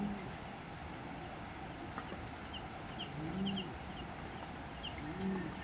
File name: Brown Fish Owl Hooting Duet Of Male Female Separated In Stereo